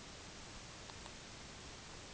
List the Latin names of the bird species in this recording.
none